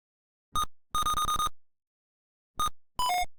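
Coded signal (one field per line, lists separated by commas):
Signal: none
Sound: game's sound effect beeps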